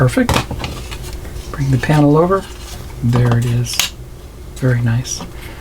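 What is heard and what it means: A plastic interior panel for a 1:8 scale K.I.T.T. model car kit is brought over to its mount in the car body while someone talks, with light plastic handling sounds and a brief sharp tap at 0.6 s. Nothing has seated or clicked yet; the panel is still being handled.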